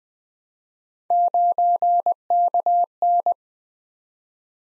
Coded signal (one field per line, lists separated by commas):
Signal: Morse code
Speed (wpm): 20 wpm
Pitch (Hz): 700 Hz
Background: none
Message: 9KN